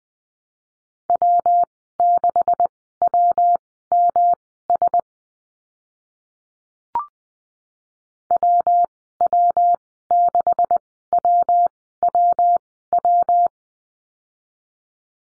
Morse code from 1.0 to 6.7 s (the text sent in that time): W6WMS